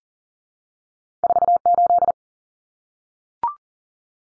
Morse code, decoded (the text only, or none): 48